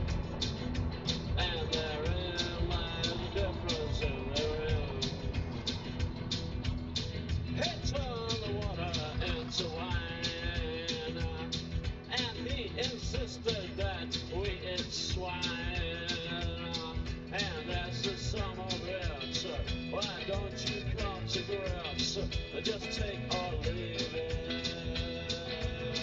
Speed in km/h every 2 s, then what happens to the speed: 53, 47, 35, 19, 8, 0, 0, 0, 0, 0, 0, 0, 0.
0-10 brakes to 0. 10-26 standing.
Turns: none.